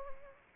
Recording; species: mosquito wingbeat signal from an infrared sensor; Anopheles arabiensis